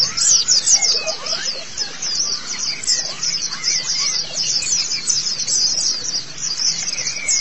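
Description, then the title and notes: White-eye song: rapid, thin, high twitters pour out nonstop, with a few softer lower notes underneath. Chirping song. "Kicauan Burung Pleci Durasi Panjang. Suara kicauan burung pleci"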